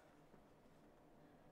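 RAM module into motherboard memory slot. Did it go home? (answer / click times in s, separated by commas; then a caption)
no / none. A second RAM module is handled at its DIMM slot on the motherboard, ready to be pressed in until the latches lock on both sides. Only a faint, steady low background noise is heard, with no distinct click. Nothing has seated or clicked yet.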